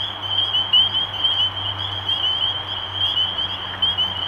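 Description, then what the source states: Spring peeper chorus of quick ascending peeps, many frogs overlapping, with a faint low hum in the background. Recorded 23 March 2012.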